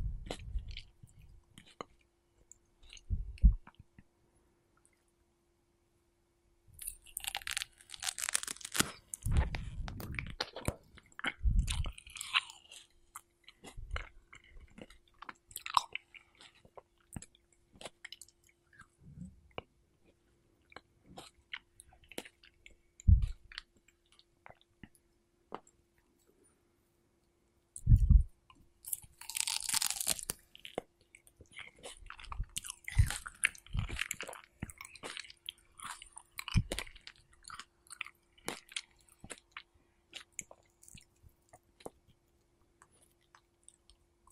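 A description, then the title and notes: Someone eats strawberries in wet, squishy bites and chewing, with sharp crunchy bursts near 8–12 and 28–32 seconds and brief pauses. ASMR Strawberry Eating Sounds.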